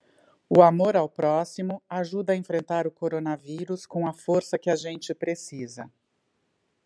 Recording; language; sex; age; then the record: spoken sentence; Brazilian Portuguese; female; 50 to 59 years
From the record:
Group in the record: control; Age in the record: 52 years